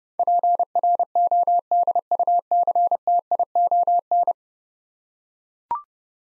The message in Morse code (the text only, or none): PRODUCTION